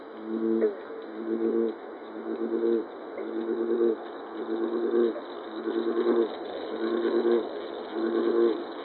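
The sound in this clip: American bullfrog chorus: short, low, buzzy notes repeated steadily about every second over a constant hiss.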